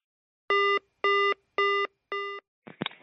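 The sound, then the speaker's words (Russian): A phone rings with an incoming call: four evenly spaced electronic tones, each a steady mid-pitched beep of about a third of a second, followed by a brief rustling clatter as if the handset is picked up. “Он мне перезвонил, может, вы определите.”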